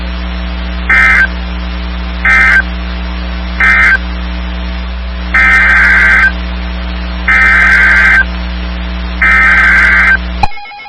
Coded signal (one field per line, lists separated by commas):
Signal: Emergency Alert System (SAME) tones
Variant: header bursts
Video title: EAS 2215-2228 (3/16/23)